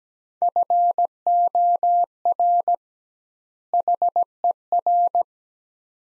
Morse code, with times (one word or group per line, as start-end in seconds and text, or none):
0.4-2.7 FOR
3.7-5.2 HER